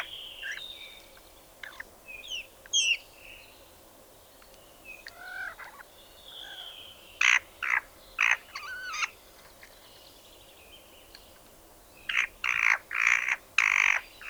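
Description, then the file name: Spotted nutcracker song, varied whistled slurs and twangy notes, then a string of harsh rasping calls. A second burst of rasps comes after a pause. "Tannenhäher Gesang"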